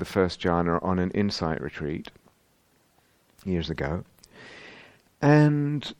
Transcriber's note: none